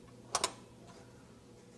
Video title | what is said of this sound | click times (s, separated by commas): Videos of the Week (Vol. 1): Upgrading RAM | that clicking is the ram Clips slipping into place | 0.4 s